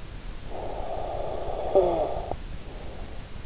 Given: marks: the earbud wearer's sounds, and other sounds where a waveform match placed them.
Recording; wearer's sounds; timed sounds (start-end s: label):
sounds in sleep by an in-ear microphone; snoring breath
0.23-3.26 s: snoring breath